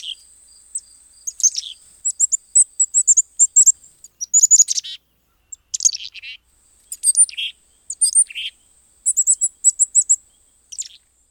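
Chickadee calls: clusters of thin, high chips and twittery notes in bursts every second or two, with a few lower buzzy notes, over a faint steady high whine.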